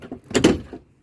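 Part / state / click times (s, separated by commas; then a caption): gas-strut lift panel over the cockpit lazarette of a sailboat / seated / 0.4 s. On a Jeanneau Sun Odyssey 440 sailboat, the folding fiberglass cockpit panel over the lazarette is lifted on its gas lifters. A few soft knocks come first, then two loud clunks in quick succession at about 0.4 s. The panel locks in the open position.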